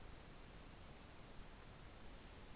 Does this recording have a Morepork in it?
no